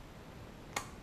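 The latched plunger of a plastic push fastener for the engine cover of a Honda Pioneer 1000 is pulled clean through its body to reset it. Over a low, steady background there is one sharp click at 0.8 s, and the plunger is released.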